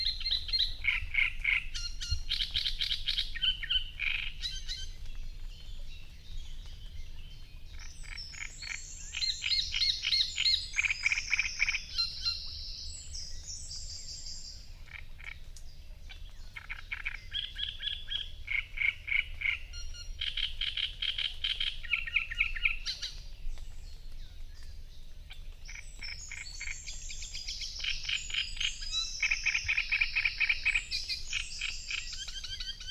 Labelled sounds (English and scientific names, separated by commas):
Great Reed Warbler (Acrocephalus arundinaceus) song